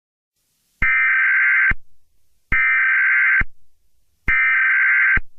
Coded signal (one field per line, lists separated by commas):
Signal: Emergency Alert System (SAME) tones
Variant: header bursts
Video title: EAS Scenario #11: Lost Boy II